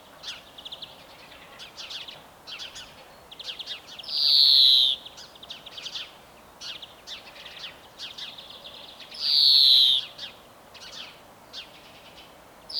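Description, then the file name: European greenfinch song: rapid twittering trills with two long, harsh wheezing buzzes about five seconds apart. "Chloris chloris"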